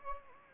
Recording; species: mosquito wingbeat signal from an infrared sensor; Anopheles gambiae